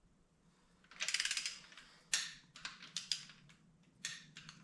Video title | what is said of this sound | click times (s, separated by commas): Shop Day - Work on Everything! | You guys heard that click twice. It's torqued and it's tight against the block. | 2.1 s, 3.1 s